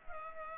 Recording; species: mosquito wingbeat signal from an infrared sensor; Culex pipiens